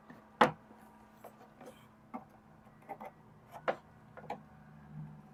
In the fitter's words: it goes and that's one thing I love about Jeeps is that everything is held on by Clips everything just snaps into place now